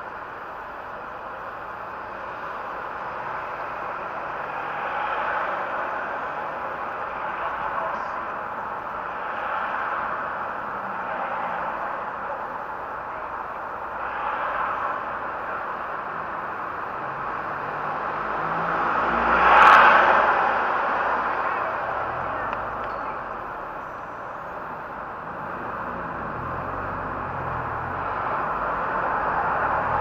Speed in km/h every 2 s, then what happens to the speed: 1, 1, 2, 2, 2, 2, 1, 1, 1, 1, 1, 2, 2, 7, 12.
0-25 standing. 25-30 pulls away to 12.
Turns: none.